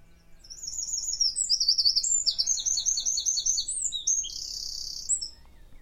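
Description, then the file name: Eurasian wren song with high, piercing warbles, quick rattling trills and a final buzzy trill, running nearly five seconds without pause. "Troglodytes troglodytes"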